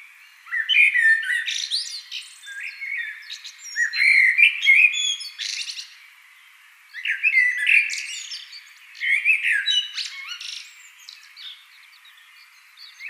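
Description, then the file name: Common blackbird song with four loud phrases, each mellow whistling topped by shrill twittering, quiet gaps in between. "Turdus merula"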